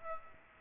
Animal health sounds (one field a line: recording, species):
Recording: mosquito wingbeat signal from an infrared sensor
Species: Aedes aegypti